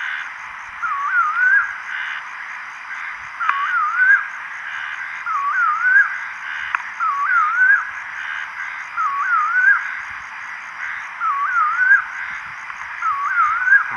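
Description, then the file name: Bird repeating a wavering whistled phrase that dips then climbs, roughly every two seconds, with a constant thin high tone behind it. "SABIOD 50 bird 2015"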